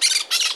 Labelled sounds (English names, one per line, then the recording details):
Brown-throated Parakeet contact call
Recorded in Margarita
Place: San Francisco, near stadium
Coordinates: 11.018, -64.294